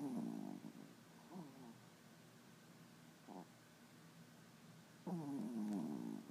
Small Dog Snoring.